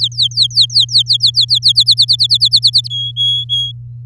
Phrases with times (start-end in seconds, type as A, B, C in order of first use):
0.01-1.84 A, 1.86-2.88 B, 2.90-3.72 C